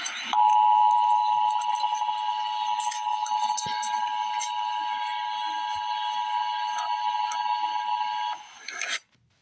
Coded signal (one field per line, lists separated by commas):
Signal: Emergency Alert System (SAME) tones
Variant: 853 and 960 Hz attention tone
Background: speech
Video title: Emergency Alert System - Severe Thunderstorm Warning - Mar 30, 2025 at 8:29 PM EDT